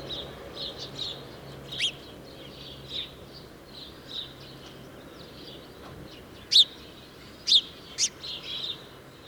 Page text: 080728, Barn Swallow Hirundo rustica, Mieste, Germany